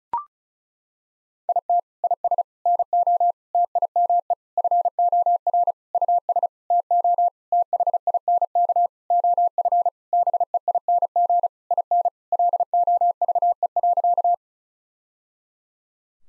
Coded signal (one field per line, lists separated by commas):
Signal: Morse code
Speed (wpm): 34 wpm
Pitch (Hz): 700 Hz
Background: none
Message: IT IS NO TIME FOR US TO THINK OF BEING IN LOVE.